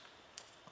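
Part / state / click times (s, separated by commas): valve adjustment shim into overhead-cam valve bucket / seated / 0.4 s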